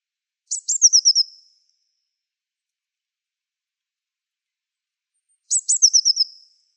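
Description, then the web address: Bird call: two quick bursts of high, sharp notes that tumble downward in pitch, separated by a long silence. "Bird Only"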